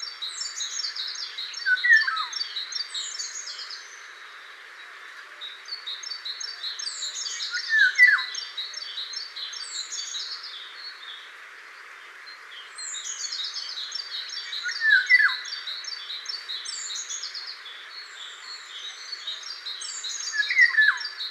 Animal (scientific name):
Oriolus oriolus